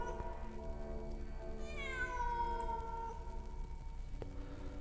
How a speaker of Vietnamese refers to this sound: Sau đêm ấy, thi thoảng người ta lại thấy ở trên nóc nhà bà Minh có bóng con mèo đen cứ lởn vởn. Hàng đêm nó đi đi lại lại, lâu lâu lại kêu những tiếng ngân dài đến ai oán.